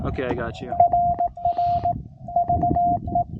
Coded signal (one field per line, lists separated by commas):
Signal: Morse code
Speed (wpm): 18 wpm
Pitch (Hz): 700 Hz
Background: speech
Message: RR VE